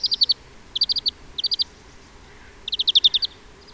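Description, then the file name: European greenfinch calls: three short bursts of rapid chattering notes, then a longer, louder twittering run near the end. "Chloris chloris"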